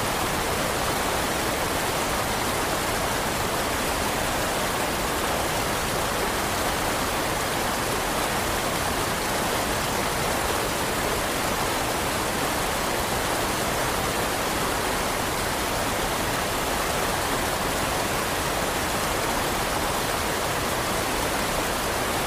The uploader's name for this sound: Winter River